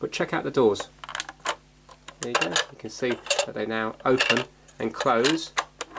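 The repaired plastic doors of a Doctor Who TARDIS police-box toy money box are handled, opening and closing, with brief sharp plastic sounds around 1.1–1.3 s, 2.1 s and 5.8 s while someone talks. The door catch has not clicked shut yet; nothing has seated by the end.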